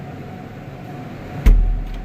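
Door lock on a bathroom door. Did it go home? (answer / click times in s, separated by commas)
yes / 1.5 s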